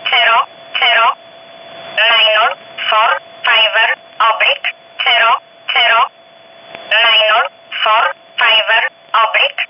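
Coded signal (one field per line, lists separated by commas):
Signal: numbers station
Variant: E11 Oblique, English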